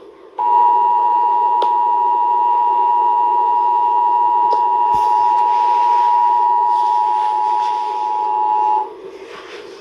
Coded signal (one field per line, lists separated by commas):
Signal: Emergency Alert System (SAME) tones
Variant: 853 and 960 Hz attention tone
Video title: Emergency Alert System: Required Monthly Test #1